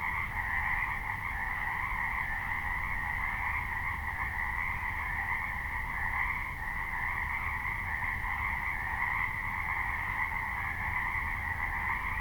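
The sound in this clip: Many frogs croaking together in a continuous trilling mass, the pulsing sound holding steady throughout, with low background rumble underneath.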